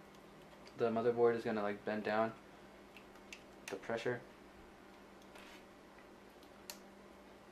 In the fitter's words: it didn't really snap in place but it's in there